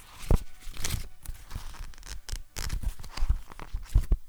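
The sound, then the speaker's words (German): Paper notebook pages flipped in quick succession: a steady run of crisp, papery swishes and soft flaps, roughly two per second, with no one speaking. “Grund genug, um nicht auf das Papier-Notizbuch zu verzichten.”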